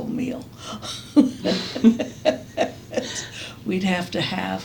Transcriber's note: laughs